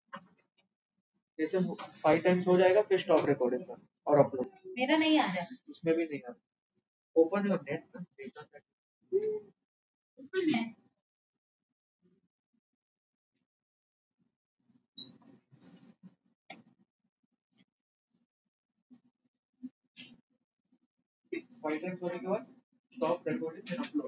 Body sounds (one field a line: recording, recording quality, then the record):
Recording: shallow breathing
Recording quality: poor, much background noise or distortion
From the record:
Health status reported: exposed to COVID-19, no respiratory illness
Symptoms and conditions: sore throat, muscle pain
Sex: female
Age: 25 years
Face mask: worn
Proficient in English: yes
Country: India